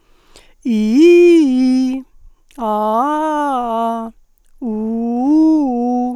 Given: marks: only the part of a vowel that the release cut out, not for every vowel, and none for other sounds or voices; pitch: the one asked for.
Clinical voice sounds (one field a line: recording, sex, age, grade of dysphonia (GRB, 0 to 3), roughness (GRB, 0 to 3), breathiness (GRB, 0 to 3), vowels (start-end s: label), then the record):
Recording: sustained vowels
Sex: female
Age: 50 to 59 years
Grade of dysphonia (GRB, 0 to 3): 0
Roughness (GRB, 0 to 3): 0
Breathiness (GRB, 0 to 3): 0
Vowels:
0.87-1.87 s: vowel /i/, low-high-low pitch
3.19-3.81 s: vowel /a/, low-high-low pitch
4.75-5.46 s: vowel /u/, low-high-low pitch
From the record:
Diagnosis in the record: hyperfunctional dysphonia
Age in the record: 56 years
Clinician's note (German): Ponogen